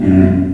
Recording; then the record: squeal of a Yucatan mini pig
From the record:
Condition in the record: after surgery on the right vocal fold (resection and tissue-engineered implant); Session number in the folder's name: 4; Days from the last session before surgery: 26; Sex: female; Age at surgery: 19 weeks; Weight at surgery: 25 kg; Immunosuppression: prednisolone